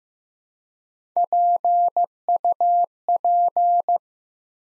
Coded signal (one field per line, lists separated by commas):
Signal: Morse code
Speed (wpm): 15 wpm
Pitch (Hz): 700 Hz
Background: none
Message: PUP